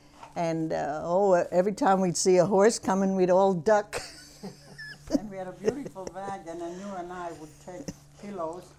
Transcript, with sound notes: And, uh, oh, every time we'd see a horse coming we'd all duck. ( she laughs )
And we had a beautiful wagon, and you and I would take pillows